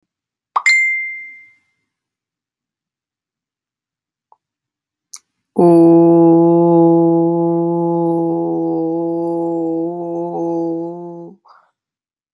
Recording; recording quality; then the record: sustained vowel as in boot; excellent, no background noise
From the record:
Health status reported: healthy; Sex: male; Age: 26 years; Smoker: yes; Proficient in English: yes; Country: United States